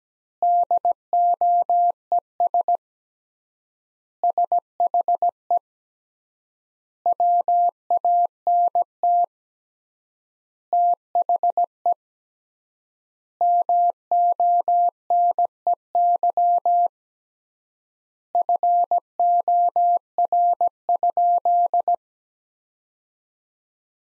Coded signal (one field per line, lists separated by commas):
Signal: Morse code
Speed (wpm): 17 wpm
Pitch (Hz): 700 Hz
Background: none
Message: DOES SHE WANT THE MONEY FOR?